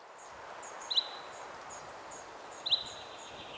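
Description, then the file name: Common chaffinch calls: two sharp, high chipping notes about two seconds apart, with faint high notes from other birds over a steady background hiss. "Fringilla coelebs"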